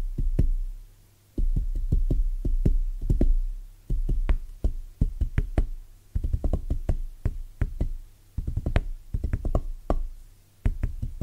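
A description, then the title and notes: Soft, bassy tapping in quick irregular bursts, each thud deep and muffled with a light click on top, pausing briefly near the start. ASMR Rhythmic Tapping Bassy & Soft No Talking.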